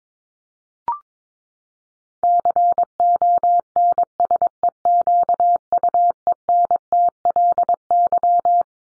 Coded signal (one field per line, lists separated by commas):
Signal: Morse code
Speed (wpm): 22 wpm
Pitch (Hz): 700 Hz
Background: none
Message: CONSEQUENTLY